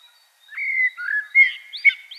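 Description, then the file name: Common blackbird song phrase: a smooth, drawn-out fluty whistle, then quicker rising and falling warbled notes. "Turdus merula"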